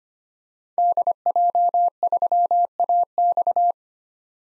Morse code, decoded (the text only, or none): DJ3AX